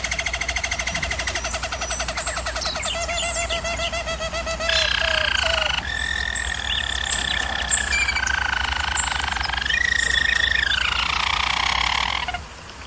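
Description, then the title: German Roller canary producing fast pulsed rolls and bubbling tours, stepping between pitches, with a long level trill near the close. German Roller canary singing, for canary training. "German Roller Canary Singing - Canary Training Vid"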